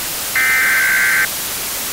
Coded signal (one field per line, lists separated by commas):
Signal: Emergency Alert System (SAME) tones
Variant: header bursts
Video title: EAS Scenario – COVID-21